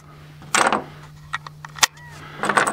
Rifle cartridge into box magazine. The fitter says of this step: put my thumb on it and push it straight down you're gonna hear it click into place